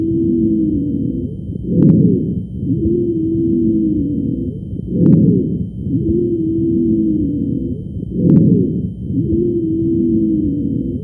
Wheezes.